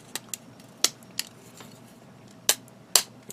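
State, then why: Seated. A painted plastic part from a 1/100 scale model kit is pressed onto its mating part, producing several small, sharp plastic clicks and taps. The part snaps into place with the final, loudest click at 2.9 s.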